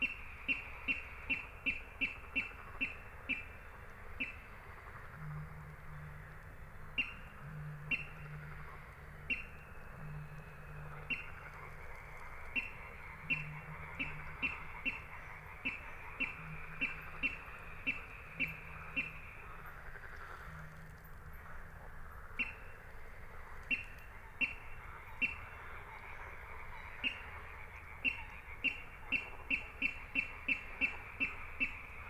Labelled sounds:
Water Rail (Rallus aquaticus)

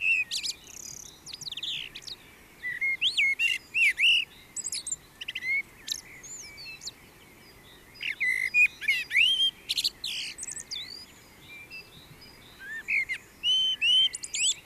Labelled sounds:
Common Blackbird (Turdus merula) song

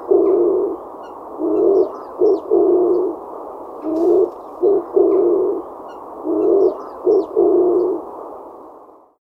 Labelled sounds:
Oriental Turtle Dove (Streptopelia orientalis)

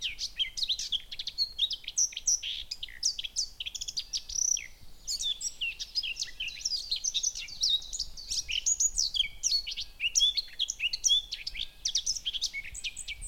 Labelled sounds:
Eurasian Blackcap (Sylvia atricapilla)

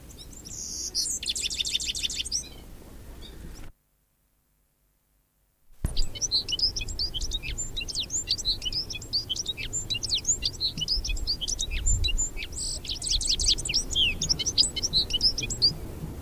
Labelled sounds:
Citril Finch (Carduelis citrinella)

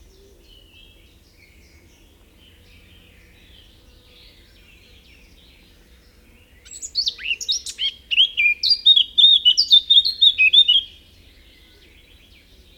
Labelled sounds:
Eurasian Blackcap (Sylvia atricapilla) song

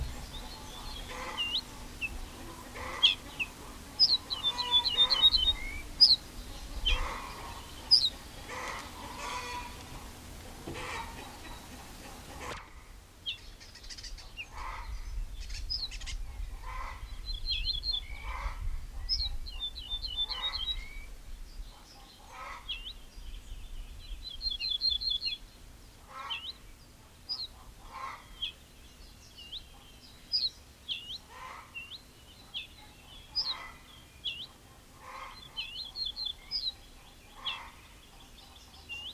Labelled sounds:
Ortolan Bunting (Emberiza hortulana)

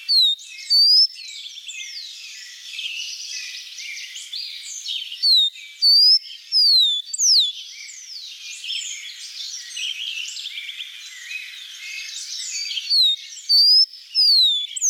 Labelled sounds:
Rufous-collared Sparrow (Zonotrichia capensis) song

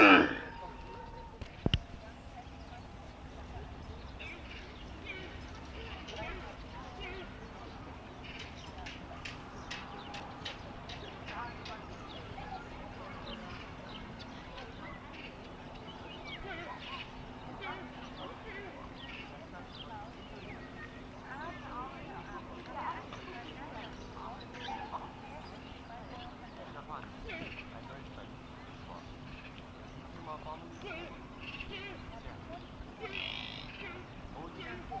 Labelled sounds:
Banteng (Bos javanicus) call

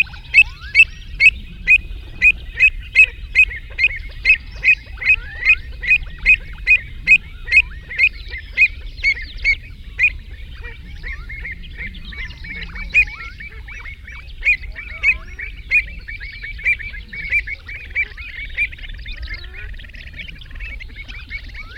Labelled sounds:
Pied Avocet (Recurvirostra avosetta) call

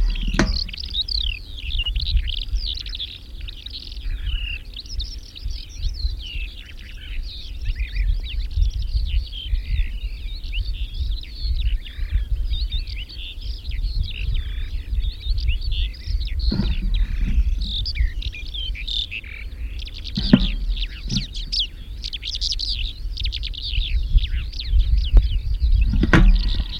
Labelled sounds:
Calandra Lark (Melanocorypha calandra) song

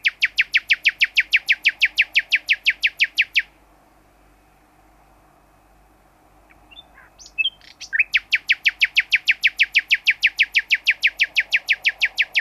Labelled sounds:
Common Nightingale (Luscinia megarhynchos) social call

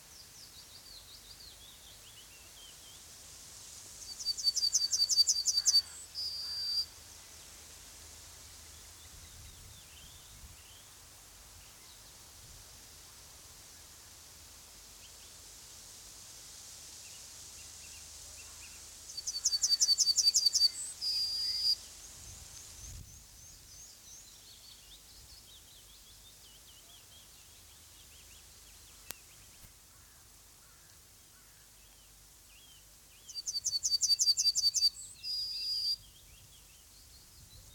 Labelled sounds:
Yellowhammer (Emberiza citrinella) song

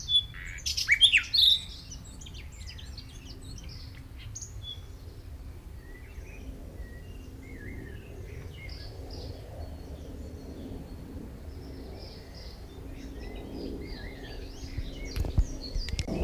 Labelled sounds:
Common Nightingale (Luscinia megarhynchos) song

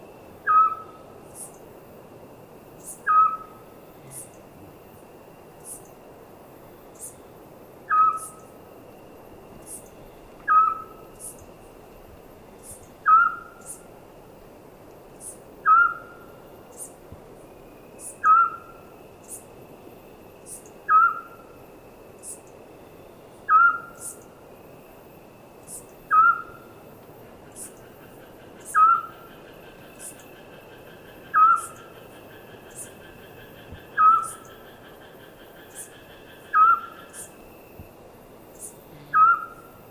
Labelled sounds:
Eurasian Scops Owl (Otus scops)

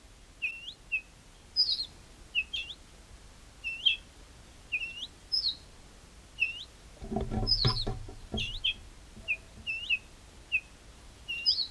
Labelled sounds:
Ortolan Bunting (Emberiza hortulana) alarm call

